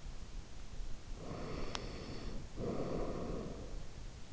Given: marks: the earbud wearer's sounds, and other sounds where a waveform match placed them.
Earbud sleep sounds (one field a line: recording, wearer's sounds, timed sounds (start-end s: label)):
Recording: sounds in sleep by an in-ear microphone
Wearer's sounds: breath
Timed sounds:
0.97-3.87 s: breath